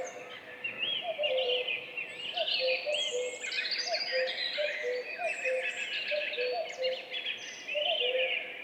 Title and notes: Duo de coucou. 14 mai 2019-Piste aux espagnols - Val Maravel - 5h20. un mémorable duo de deux coucous gris